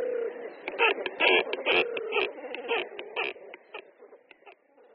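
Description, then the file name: Great cormorant calls: rough, guttural croaks and grunts given in quick uneven bursts. They fade toward the end. "Kormorán-velký"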